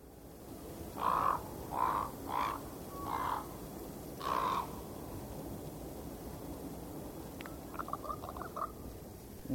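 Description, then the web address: Raven calls: five hoarse croaks at irregular intervals. "NONAM Audio und Video rabe"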